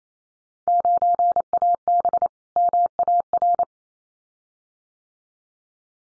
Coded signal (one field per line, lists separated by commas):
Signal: Morse code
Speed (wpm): 28 wpm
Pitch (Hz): 700 Hz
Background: none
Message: 9AB MAR